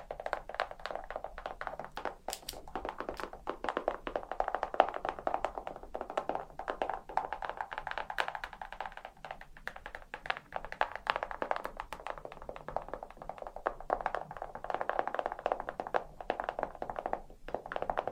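Fingernails tap rapidly and continuously for the whole stretch, a dense patter of small clicking hits with no real pauses. The taps are light and fairly bright, irregular in rhythm, with a few sharper, louder clicks around 2 and 5 seconds.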